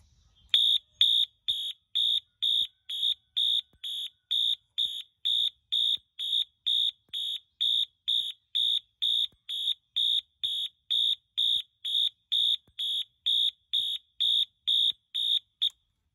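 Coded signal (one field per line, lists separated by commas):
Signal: alarm pattern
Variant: Wheelock horn, march time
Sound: harsh electronic horn pulsing on and off steadily, roughly 32 blasts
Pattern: continuous march time, about 2 pulses per second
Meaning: March time pattern signals a fire alarm evacuation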